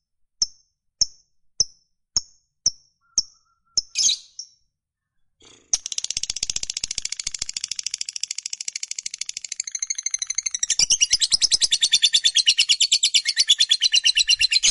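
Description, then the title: Lovebird giving a string of sharp high ticking chirps about every half second, then breaking into a long continuous rapid chatter. Fighter-type lovebird giving long chattering (ngekek panjang). "Suara Lovebird FIGHTER NGEKEK PANJANG"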